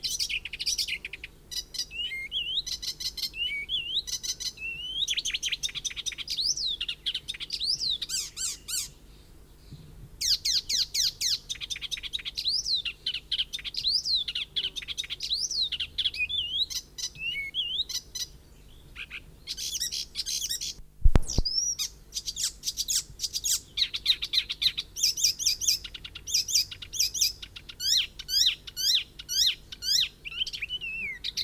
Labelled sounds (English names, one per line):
Icterine Warbler song